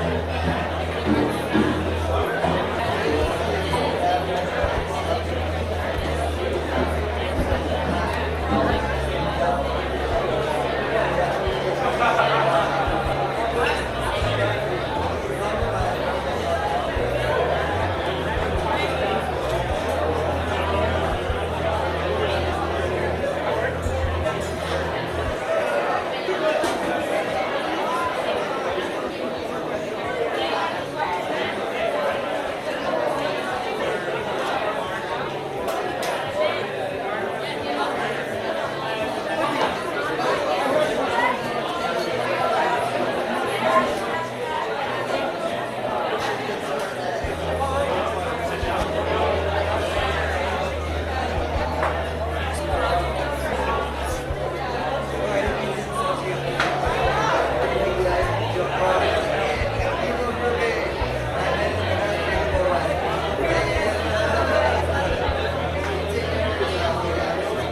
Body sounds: background sound without coughing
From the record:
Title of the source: CITY SOUNDS Busy Bar in the Evening Night - 2 HOURS of Ambiance for Relaxation

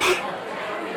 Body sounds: coughing mixed with background sound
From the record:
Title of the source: 64 coughing, allergies, singing lungs

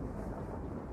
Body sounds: background sound without coughing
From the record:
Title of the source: Train Ride Ambience ambient white noise for sleeping, focus, studying, reading

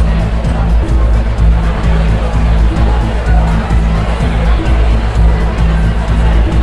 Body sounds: background sound without coughing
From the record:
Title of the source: Party Noise 1 Hour Party Ambience

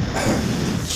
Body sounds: coughing mixed with background sound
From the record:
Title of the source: Spring Cold Coughing 3

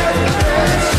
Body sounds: coughing mixed with background sound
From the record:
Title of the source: choking, hacking coughing

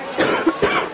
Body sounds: coughing mixed with background sound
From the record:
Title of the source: 31 night wet cough

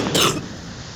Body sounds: coughing mixed with background sound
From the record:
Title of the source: Wet coughing

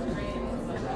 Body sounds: background sound without coughing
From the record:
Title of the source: 60 minutes of coffee shop sounds for study and concentration

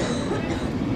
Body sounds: coughing mixed with background sound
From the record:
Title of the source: female coughing - coughing sound effects girl

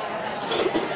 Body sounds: coughing mixed with background sound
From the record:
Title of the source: 61 morning phlegmy cough...again

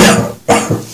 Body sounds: coughing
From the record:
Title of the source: Cough Around the Clock!

